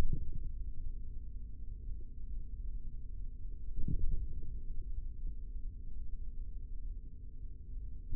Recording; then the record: forearm muscle sounds (acoustic myography)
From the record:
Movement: tripod grip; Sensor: system 3, bracelet of six PUI Audio POM-2738L microphones around the upper forearm, with dedicated amplification and filtering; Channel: 5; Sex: male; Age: 43 years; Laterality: right